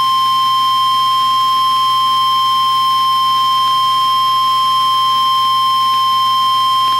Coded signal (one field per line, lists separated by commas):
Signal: Emergency Alert System (SAME) tones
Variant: 1050 Hz attention tone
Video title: required weekly test wxk 91 Topeka kansas